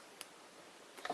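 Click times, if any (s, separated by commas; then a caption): 0.2 s, 1.0 s. Plastic toy bricks are pressed onto the sides of a mini brick-built military vehicle model, pushed only slightly in rather than all the way. Two sharp ticks are heard at 0.2 and 1.1 seconds, leaving the bricks partly seated on each side.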